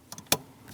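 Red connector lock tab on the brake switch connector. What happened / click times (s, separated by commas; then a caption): The connector lock tab snapped closed / 0.3 s. The red lock tab on the brake light switch connector of a 2003-2025 Chevrolet Express 2500 is closed after the connector is installed into the brake switch. Two faint ticks come at about 0.1 and 0.2 s, then a sharp, loud click at 0.3 s as the tab locks. The connector is seated and locked.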